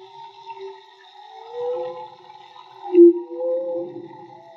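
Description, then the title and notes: Whale song: soft wavering tonal cries and gentle upsweeps, quiet throughout, with one brief louder pulse in the second half. Whale song, field recording made with DIY-built hydrophones; audio cleaned afterwards. "CANTO DE BALLENAS MAGMA. Grabación de campo y construcción dehidrofonos DIY: Jorge Barco. Limpieza de audio: Santiago Minotas"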